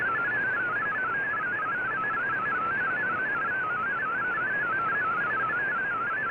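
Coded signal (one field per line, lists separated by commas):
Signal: multi-tone FSK (Olivia or MFSK type)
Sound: rapid burbling single tone hopping between nearby pitches, continuous, under steady hiss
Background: radio static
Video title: Voice Of America VOA Radiogram Mar 19 2017 on 11580Khz Shortwave Radio in MFSK16,32 with SSTV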